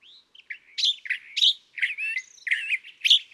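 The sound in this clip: California thrasher song fragment: a soft whistle, then several loud, scratchy, warbled phrases in quick succession over about three seconds.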